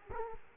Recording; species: mosquito wingbeat signal from an infrared sensor; Culex quinquefasciatus